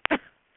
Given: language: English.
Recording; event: throat vibration sensor signal played as sound; cough